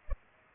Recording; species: mosquito wingbeat signal from an infrared sensor; Culex pipiens